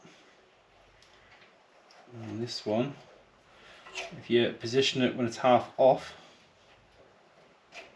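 Someone talks while refitting the carburettor on a Marksmen 3000CL petrol generator, holding a linkage part in its half-off position before pushing it in as the carburettor is pushed back. Only light handling sounds are heard, and nothing has seated or clicked yet.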